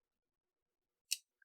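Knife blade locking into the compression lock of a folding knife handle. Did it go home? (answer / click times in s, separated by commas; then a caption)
yes / 1.1 s. A Spyderco Caribbean Leaf folding knife is opened, and its blade engages the compression lock on the back of the handle with one sharp, bright click at 1.1 seconds, followed by a faint short tick at 1.4 seconds. The blade is seated and locked open.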